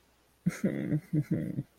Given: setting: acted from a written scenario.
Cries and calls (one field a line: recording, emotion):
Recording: vocal sound without words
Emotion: sadness